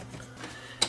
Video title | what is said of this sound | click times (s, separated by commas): Sony SLVR1000 Half Picture on Playback and Will Not Eject Tape | and then the front panel just snaps in place | 0.8 s